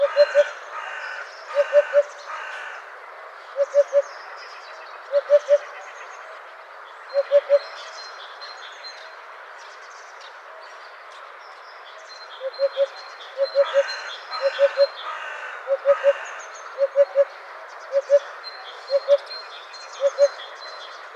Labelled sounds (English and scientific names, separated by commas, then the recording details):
Eurasian Hoopoe (Upupa epops) song
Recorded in the wild
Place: Kalmückensteppe bei Senseli, RU
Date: 2006-05-21
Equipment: MiniDisc Sharp MT 20 H
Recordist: Schwarz, Dieter